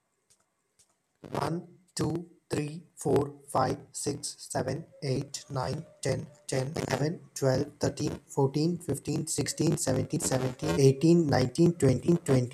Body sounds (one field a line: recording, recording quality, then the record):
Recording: counting at a normal pace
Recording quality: excellent, no background noise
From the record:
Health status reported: COVID-19 positive, mild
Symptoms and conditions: cough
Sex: male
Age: 26 years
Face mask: not worn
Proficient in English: yes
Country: India